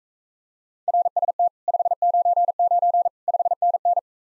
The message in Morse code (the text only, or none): RST 599 5NN